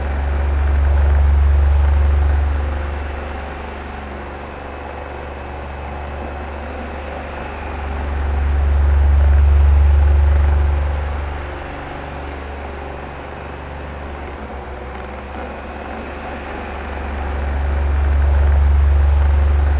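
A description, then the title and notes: An oscillating fan hums steadily, its low drone swelling and fading in a slow, regular cycle about every eight seconds as it sweeps toward and away. Beneath the hum runs a faint, even airy hiss with no other sounds. In this episode, we bring you the soothing and calming sounds of an oscillating fan. As the blades rotate back and forth, you can feel the gentle breeze on your skin and hear the soft whirring sound. This episode features only the natural sound of the fan with no dialogue or voice. The fan's rhythmic hum.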